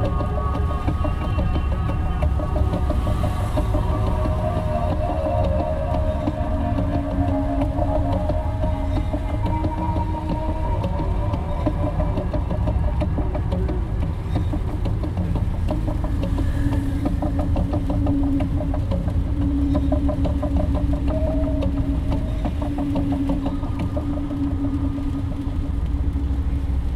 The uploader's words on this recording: Car ride from Kampala Airport. 4am.